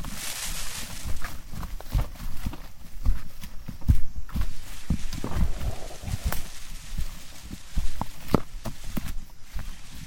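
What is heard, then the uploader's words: Footsteps crunch and thud irregularly along a rainforest trail in Tambopata Reserve, Peru, with sharp snaps and scuffs scattered throughout. A steady bright hiss of insects or foliage sits underneath, alongside a low rumble, and the footfalls come unevenly rather than in a regular stride. Hike in Tambopata Reserve rainforest, Peru.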